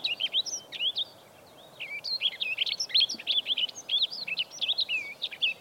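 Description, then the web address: Rustic Bunting singing fast, melodious twittering phrases of slurred whistled notes, one short phrase then a longer run after a pause, with soft background hiss. Recorded at Ashoro on 8 April 2008. "koe kashiradaka 080408 ashoro hanada"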